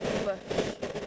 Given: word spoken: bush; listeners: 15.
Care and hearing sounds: one English word in noise, from a listening test; noise modulated by three-talker babble; -4.4 dB; 6 of 15; 6 of 15; 0.67 s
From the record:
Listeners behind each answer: 6, 6, 1, 1, 1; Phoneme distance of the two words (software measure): 10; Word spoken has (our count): 1 syllable, 3 phonemes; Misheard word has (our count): 1 syllable, 3 phonemes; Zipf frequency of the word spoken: 4.29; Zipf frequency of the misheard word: 5.21

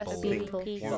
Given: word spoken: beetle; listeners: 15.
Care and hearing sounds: one English word in noise, from a listening test; four-talker babble; -2.5 dB; 2 of 15; 6 of 15; 0.58 s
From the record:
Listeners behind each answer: 6, 2, 1, 1, 1, 1, 1, 1, 1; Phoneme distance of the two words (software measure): 20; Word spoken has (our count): 2 syllables, 4 phonemes, stress on syllable 1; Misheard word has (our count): 2 syllables, 4 phonemes, stress on syllable 1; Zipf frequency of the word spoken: 3.72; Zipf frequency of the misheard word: 6.35

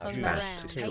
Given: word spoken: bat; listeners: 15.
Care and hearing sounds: one English word in noise, from a listening test; four-talker babble; 0.0 dB; 0 of 15; 6 of 15; 0.51 s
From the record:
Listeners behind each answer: 6, 3, 2, 1, 1, 1, 1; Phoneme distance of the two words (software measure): 30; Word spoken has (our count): 1 syllable, 3 phonemes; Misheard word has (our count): 1 syllable, 3 phonemes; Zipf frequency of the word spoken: 4.30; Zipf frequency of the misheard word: 4.44

